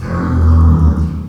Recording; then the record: squeal of a Yucatan mini pig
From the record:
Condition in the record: after surgery on the right vocal fold (resection and tissue-engineered implant); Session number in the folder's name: 16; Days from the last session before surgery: 183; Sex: female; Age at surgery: 19 weeks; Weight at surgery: 25 kg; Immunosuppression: prednisolone